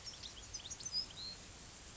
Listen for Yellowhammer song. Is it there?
no